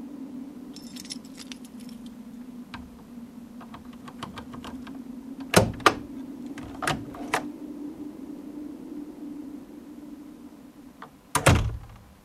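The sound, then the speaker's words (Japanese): Keys jingle briefly, then a home's door latch clicks and the door opens with a few sharp knocks and clatters, ending in a louder thud, as someone comes home in the early evening, over a steady low hum. “ドアを開けると部屋の電気がこうこうとついていた。”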